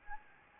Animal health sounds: mosquito wingbeat signal from an infrared sensor; Anopheles gambiae

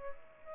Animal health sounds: mosquito wingbeat signal from an infrared sensor; Aedes aegypti

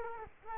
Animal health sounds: mosquito wingbeat signal from an infrared sensor; Culex quinquefasciatus

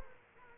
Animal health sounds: mosquito wingbeat signal from an infrared sensor; Culex quinquefasciatus

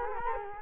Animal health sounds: mosquito wingbeat signal from an infrared sensor; Culex quinquefasciatus

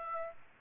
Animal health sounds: mosquito wingbeat signal from an infrared sensor; Aedes aegypti

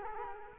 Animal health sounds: mosquito wingbeat signal from an infrared sensor; Culex quinquefasciatus

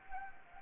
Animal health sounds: mosquito wingbeat signal from an infrared sensor; Anopheles arabiensis

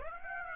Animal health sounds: mosquito wingbeat signal from an infrared sensor; Aedes aegypti

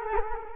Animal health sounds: mosquito wingbeat signal from an infrared sensor; Culex quinquefasciatus

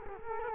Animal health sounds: mosquito wingbeat signal from an infrared sensor; Culex quinquefasciatus

